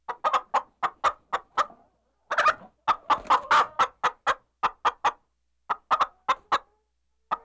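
Chicken clucking, a quick series of short harsh clucks in bursts, one louder cackling run in the middle, with brief pauses between groups.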